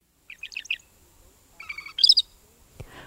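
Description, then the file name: Northern Shrike calls, quick high chattering notes in a short burst, then a buzzy harsher phrase and sharp squeaky notes, ending in a brief thump. "1998-11-01 Northern Shrike"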